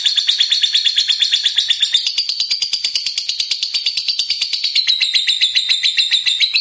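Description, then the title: Lovebird song, a continuous rapid, shrill trilling chatter of closely spaced pulses. Lovebird described as a 'fighter' type and 'gacor', meaning singing energetically. "Berkat SUARA Lovebird FIGHTER GACOR Ini"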